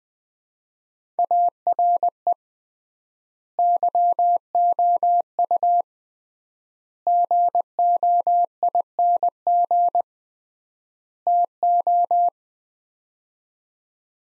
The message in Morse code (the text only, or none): ARE YOU GOING TO